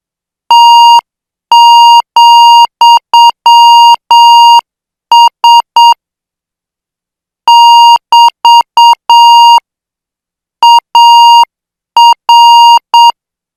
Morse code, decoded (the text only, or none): T,S <BT> AR